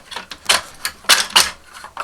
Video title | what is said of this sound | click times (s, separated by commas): Vintage Star Wars Death Star Exploding Gun Launcher repair - Toy Polloi | that locks in place and we'll do another test firing just to make sure that is not a one-off yeah | 0.5 s, 0.9 s